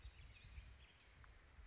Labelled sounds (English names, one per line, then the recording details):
Brown Creeper
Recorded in Sonoma County, California